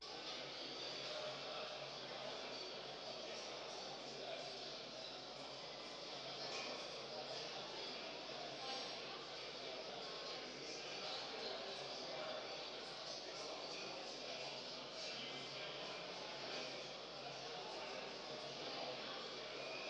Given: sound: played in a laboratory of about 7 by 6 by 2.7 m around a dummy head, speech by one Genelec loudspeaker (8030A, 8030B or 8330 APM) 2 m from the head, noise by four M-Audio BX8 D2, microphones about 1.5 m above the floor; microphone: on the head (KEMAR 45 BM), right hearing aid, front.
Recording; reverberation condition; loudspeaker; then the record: cafeteria noise; high; four, about 170 cm from the corners of the room and facing them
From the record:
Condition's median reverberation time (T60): about 1300 ms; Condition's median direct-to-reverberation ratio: about -4.0 dB